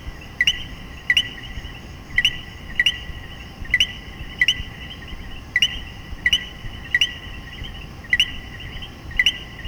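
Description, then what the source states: Common coquí two-note calls, a brief lower chirp then a higher upslurred note, repeated many times at uneven intervals with a quiet humming background. Puerto Rico.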